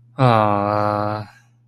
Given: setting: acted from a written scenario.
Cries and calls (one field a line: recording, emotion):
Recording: vocal sound without words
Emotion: disappointment